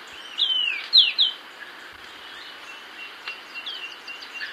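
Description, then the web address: Golden-faced Tyrannulet gives one phrase of three high falling whistles near the start, then only faint chirps and hiss. Ecuador; possible unnamed taxon. "Birds of Ecuador Golden-faced Tyrannulet (possible unnamed taxon)"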